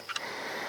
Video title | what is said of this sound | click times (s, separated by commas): Lake Ninian-Astro Vlog 01 | and then that locks in place here that's not going anywhere | 0.2 s